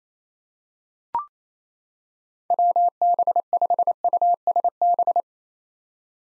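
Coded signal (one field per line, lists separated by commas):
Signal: Morse code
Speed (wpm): 29 wpm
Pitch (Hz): 700 Hz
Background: none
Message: WB5USB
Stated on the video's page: Head-copy drill of common SOTA activator call signs in Morse at 28 wpm, each sent, spoken, then sent again.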